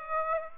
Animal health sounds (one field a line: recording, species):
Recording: mosquito wingbeat signal from an infrared sensor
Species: Aedes aegypti